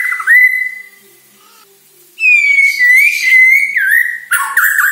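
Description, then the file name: White-rumped shama song with long clear whistled notes, a pure steady tone followed by a wavering whistled phrase and a harsher ending. Borneo; lure recording used to make birds sing actively ('gacor'). "Sara Pancingan Murai Batu Borneo Agar Gacor Dor"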